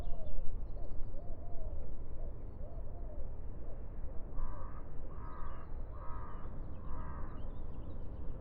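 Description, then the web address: Bird caws, four harsh, evenly spaced calls a little under a second apart near the end, over a steady low rumbling background noise. "cianscape. Deverinetal. Bird Only"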